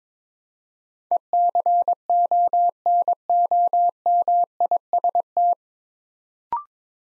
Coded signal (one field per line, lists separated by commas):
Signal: Morse code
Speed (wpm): 23 wpm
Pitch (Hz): 700 Hz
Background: none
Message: ECONOMIST